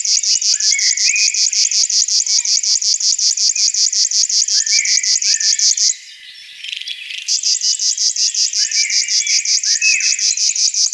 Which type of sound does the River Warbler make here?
song